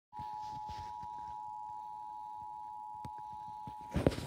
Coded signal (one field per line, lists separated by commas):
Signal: Emergency Alert System (SAME) tones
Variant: 853 and 960 Hz attention tone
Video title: Required mouthy test eas #1